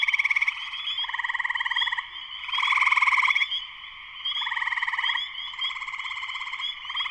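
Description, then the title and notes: Spring peepers calling together, with repeated buzzy trilled bursts swelling and easing over a continuous high ringing chorus. Full chorus of many spring peepers, shortly after sunset, Sleeping Bear Dunes National Lakeshore, northern Michigan, USA. "Spring peepers (chorus frogs) in concert. Spring peepers (chorus frogs) in full chorus shortly after sunset in the Sleeping Bear Dunes National Lakeshore in northern Michigan, USA. Recorded by Darrin Wassom. Music for Sleep"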